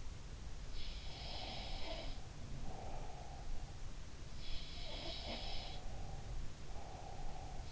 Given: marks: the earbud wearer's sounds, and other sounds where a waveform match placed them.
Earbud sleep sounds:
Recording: sounds in sleep by an in-ear microphone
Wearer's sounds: breath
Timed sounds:
0.97-3.75 s: sound from someone else or the room
1.12-3.75 s: breath
4.27-7.72 s: sound from someone else or the room
4.85-7.72 s: breath

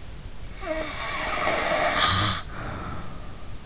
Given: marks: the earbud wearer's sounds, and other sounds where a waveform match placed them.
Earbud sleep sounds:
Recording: sounds in sleep by an in-ear microphone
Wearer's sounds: snoring breath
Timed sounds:
0.54-3.47 s: snoring breath

